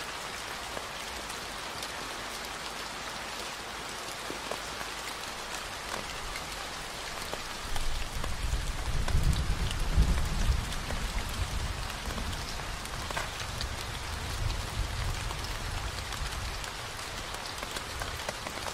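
A waterfall pours in a dense, steady hiss, full of fine splashing patter like heavy rain on a surface. A deeper rumble swells in from about eight seconds, peaks near ten, then eases and returns more softly toward the end.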